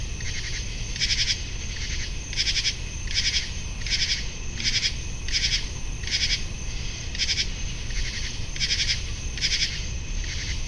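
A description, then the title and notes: A chorus of common true katydids sings in rhythmic raspy bursts, repeating about every half second to second through the whole clip. A thin steady cricket trill runs high above them, while a continuous low rumble of distant traffic and an airplane fills the background. Many Common True Katydids singing. In Picnic Grove of River Towers Condos alongside of west Dyke Marsh. Heard in background: Spring or Fall Crickets, distant air plane, and car traffic on GWMP. Recorded with Fostex Fr-2, Sennheiser ME-62, and Telinga Parabola.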